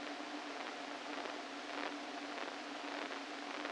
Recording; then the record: brain microelectrode recording played as sound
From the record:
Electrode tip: inside the subthalamic nucleus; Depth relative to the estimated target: -1 mm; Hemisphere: left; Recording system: NeuroSet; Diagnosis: Parkinson's disease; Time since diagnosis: 13 years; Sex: male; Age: 49 years